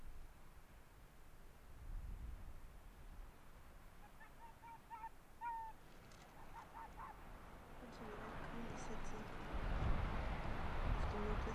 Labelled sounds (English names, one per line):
Arctic Fox